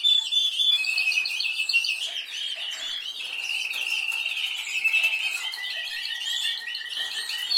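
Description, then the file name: Canary song, opening on a steady whistle and then going into long rolling trills and tumbling rapid phrases, loud and unbroken. "Canary Voice"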